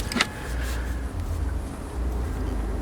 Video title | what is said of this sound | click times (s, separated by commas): Fog lights! (ANY CAR: How to wire fog flood lights) | so it slides in there and it locks in place just | 0.2 s